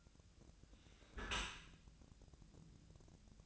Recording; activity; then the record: daily activity, microphone in the room; close dishwasher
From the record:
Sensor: 2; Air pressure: 1006.5 hPa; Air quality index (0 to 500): 202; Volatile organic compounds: 14 ppm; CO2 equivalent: 2466 ppm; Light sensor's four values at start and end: 9/21/9/9 and 9/21/9/9